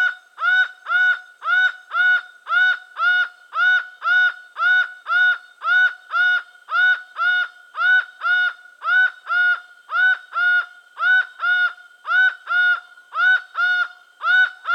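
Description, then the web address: Laughing falcon delivering a sustained, very regular run of loud, nasal single notes, unchanging for the whole stretch. Recorded in Venezuela. "Birds of the Amazon. Laughing Falcon (Herpetotheres cachinnans), Venezuela"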